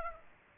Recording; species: mosquito wingbeat signal from an infrared sensor; Aedes aegypti